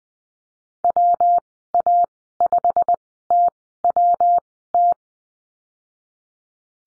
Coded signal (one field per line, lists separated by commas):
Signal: Morse code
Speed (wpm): 20 wpm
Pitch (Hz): 700 Hz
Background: none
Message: WA5TWT